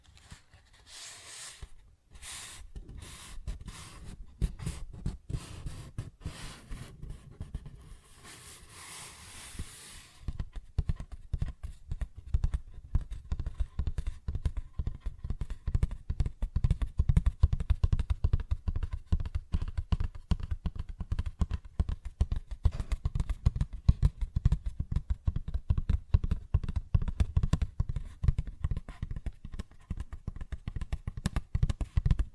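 Paper bag tapping and scratching, starting with scattered crisp rustles, then after ten seconds a dense, steady run of quick low thudding taps.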